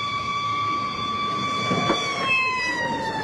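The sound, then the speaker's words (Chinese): A fire engine carrying ladders arrives, its siren wailing steadily for a few seconds, a loud sustained tone with strong harmonics whose pitch sags slowly lower, over a faint rumbling background with no talking. “哎呦，可有救雷，消防车也来”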